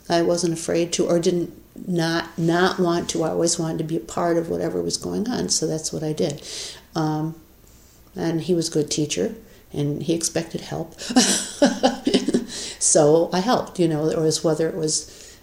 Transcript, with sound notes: I wasn't afraid to, or didn't not want to, I always wanted to be a part of whatever was going on, so that's what I did. And he was a good teacher, and he expected help [laughs] so I helped, you know, whether it was